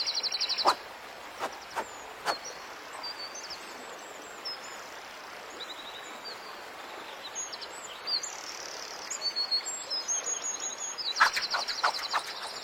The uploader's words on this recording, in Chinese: 白噪音 中国风 高山流水 武侠练剑修仙氛围。